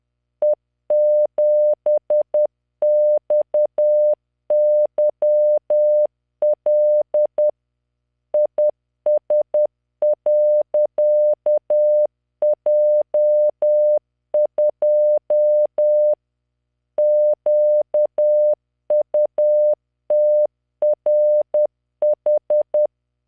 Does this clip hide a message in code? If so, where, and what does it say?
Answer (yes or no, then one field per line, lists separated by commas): yes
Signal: Morse code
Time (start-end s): 0.4-22.9 s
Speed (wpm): 10 wpm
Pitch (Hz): 600 Hz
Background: none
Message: E7XYL IS.J2 QUTRH